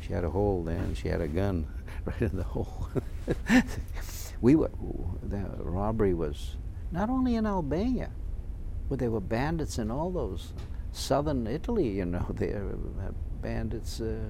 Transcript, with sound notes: She had a hole there, and she had a gun right in the hole. ( he laughs ) We were, robbery was, not only in Albania, but there were bandits in all those, southern Italy, you know, there were bandits, uh...